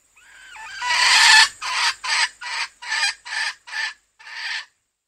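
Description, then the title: Junglefowl giving a harsh drawn-out squawk followed by several short clucks, loud and raspy. Female. "Suara Ayam Hutan Betina"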